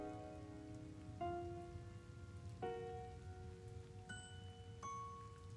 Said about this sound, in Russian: Немного поворчав, портной, сапожник и хозяин трактира удалились, оставив солдата мокнуть одного под дождем.